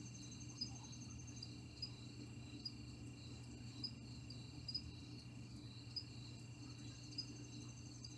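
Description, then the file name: Crickets chirping, brief high pulses every second or so, with a thin trill at the start and end and a low droning hum. "Cricket Sounds - Relax"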